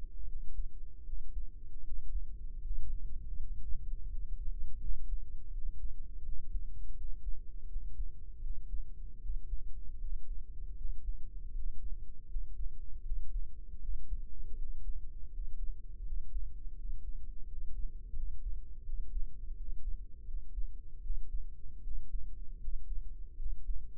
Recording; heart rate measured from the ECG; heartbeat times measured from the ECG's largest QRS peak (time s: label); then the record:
heart sounds by microphone in the left ear; 81 bpm
0.26 s: heartbeat
1.04 s: heartbeat
1.83 s: heartbeat
2.61 s: heartbeat
3.35 s: heartbeat
4.09 s: heartbeat
4.80 s: heartbeat
5.52 s: heartbeat
6.23 s: heartbeat
6.95 s: heartbeat
7.67 s: heartbeat
8.41 s: heartbeat
9.20 s: heartbeat
9.99 s: heartbeat
10.76 s: heartbeat
11.53 s: heartbeat
12.27 s: heartbeat
13.03 s: heartbeat
13.80 s: heartbeat
14.56 s: heartbeat
15.30 s: heartbeat
16.03 s: heartbeat
16.76 s: heartbeat
17.46 s: heartbeat
18.14 s: heartbeat
18.84 s: heartbeat
19.55 s: heartbeat
20.25 s: heartbeat
21.01 s: heartbeat
21.82 s: heartbeat
22.59 s: heartbeat
23.37 s: heartbeat
From the record:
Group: healthy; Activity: rest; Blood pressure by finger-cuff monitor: 98/66 mmHg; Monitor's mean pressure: 74 mmHg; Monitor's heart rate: 80 bpm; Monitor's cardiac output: 5.6 L/min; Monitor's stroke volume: 70 mL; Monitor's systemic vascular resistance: 930 dyn s/cm5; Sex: male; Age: 22 years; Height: 181 cm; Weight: 60 kg